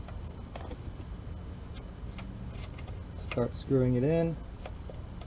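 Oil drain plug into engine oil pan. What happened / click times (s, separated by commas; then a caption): The drain plug is handled and lined up with no seating click yet / none. The oil drain plug of a 2015 VW Golf R is put back onto the engine oil pan and lined up before being screwed in. Faint light ticks of handling sit over a low steady background hum, and someone talks briefly near the end. Nothing has clicked into place yet.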